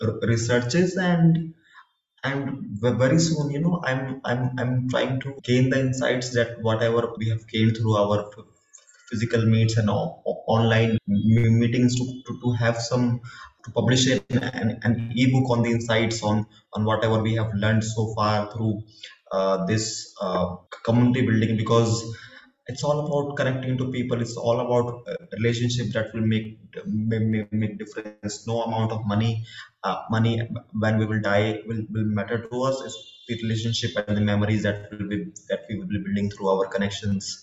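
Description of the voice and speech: An adult man who stammers, and has since childhood, speaks with repeated sounds and words ('I'm, I'm, I'm', 'm-meetings', 'to, to', 'money, money', 'will, will'), stretched sounds and brief blocks before words, in otherwise fluent speech. These are the repetitions and prolongations of stuttering.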